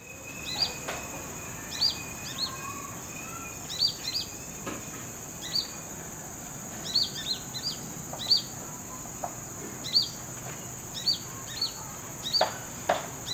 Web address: brown throated sunbird call